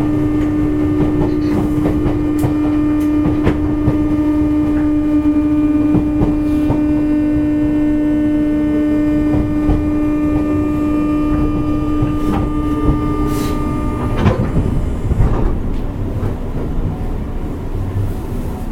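A JR West 201 series local train on the Yamatoji line runs with a steady low rumble and a strong constant motor hum. Frequent small clicks and rattles come through, and around fourteen seconds the hum drops away, leaving a rougher, noisier rumble.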